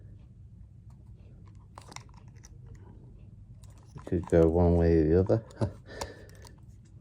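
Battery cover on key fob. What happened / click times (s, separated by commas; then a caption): The cover is being handled but has not clicked home yet / none. The secondary plastic battery cover is being handled back into position on a key fob from a 2020–2025 Mazda CX-5, with faint scattered ticks and light handling taps from about 1.8 s to 4 s. Someone talks from about 4.2 s to 5.8 s. Nothing has seated or clicked yet when the clip ends.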